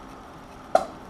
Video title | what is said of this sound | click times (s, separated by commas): Saturday's Wrench Ep.20: Engine Rebuild: Bottom End Assembly - Honda CB350 Build | okay did you hear that click | 0.8 s